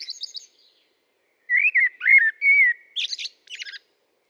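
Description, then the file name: Common blackbird song: a faint high twitter at first, then after a pause a fresh phrase of fluted whistles ending in sharp, squeaky chirps. "Turdus merula"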